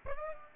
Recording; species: mosquito wingbeat signal from an infrared sensor; Aedes aegypti